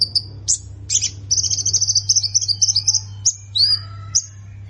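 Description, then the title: Plain prinia with varied high chirps, sharp upswept notes and a quick jittery trill in the middle; steady low hum behind. "Ciblek Sawah"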